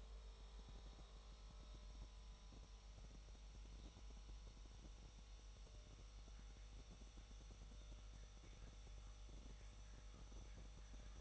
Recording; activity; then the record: daily activity, microphone in the room; make coffee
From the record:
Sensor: 3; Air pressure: 1002.0 hPa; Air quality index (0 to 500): 247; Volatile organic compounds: 51 ppm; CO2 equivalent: 3311 ppm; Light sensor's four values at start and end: 12/37/16/13 and 12/37/16/13